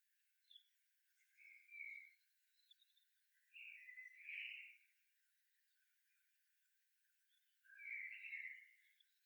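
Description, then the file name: Common blackbird song: three soft warbled phrases spaced a few seconds apart over a faint hiss. "Turdus merula"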